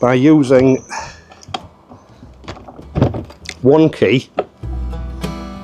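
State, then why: Seated. A Honda 38-litre plastic motorcycle top box is locked onto its mounting plate on the rear rack with one key while someone talks. A loud, sharp click at 1.6 s is the box latching home, among a few fainter knocks. The top box is now seated and locked in place.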